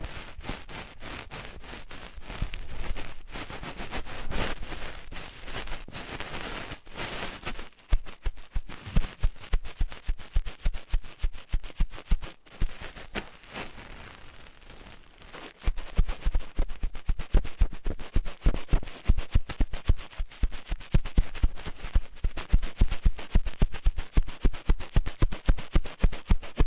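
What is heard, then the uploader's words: Ear cleaning, heard as close scratching and rubbing from a tool working inside the ear. The first seven seconds are a dense, steady scrape. After that come rapid, regular ticks and scratches. Near 8 and 15 seconds there are brief near-silent breaks, and the later stretch is busier and louder. Penetrating ear cleaning.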